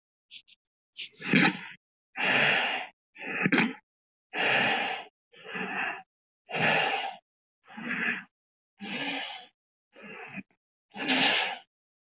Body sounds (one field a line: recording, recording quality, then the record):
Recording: deep breathing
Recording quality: excellent, no background noise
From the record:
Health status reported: healthy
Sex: male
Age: 50 years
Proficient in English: yes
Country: United States